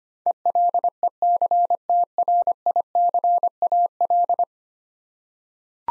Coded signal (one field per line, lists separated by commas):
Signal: Morse code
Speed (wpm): 25 wpm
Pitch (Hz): 700 Hz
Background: none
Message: ELECTRICAL